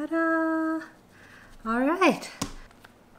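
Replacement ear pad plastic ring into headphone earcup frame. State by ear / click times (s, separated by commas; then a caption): not seated / none. Someone presses the plastic clip ring of a replacement headphone ear pad into the plastic earcup frame while talking, and a brief sharp handling sound comes near 2.4 seconds, followed by faint ticks around 2.7 and 2.9 seconds. Nothing has seated or clicked into place yet.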